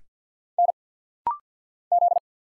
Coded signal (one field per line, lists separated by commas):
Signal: Morse code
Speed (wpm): 50 wpm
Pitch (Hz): 700 Hz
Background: none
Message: N Z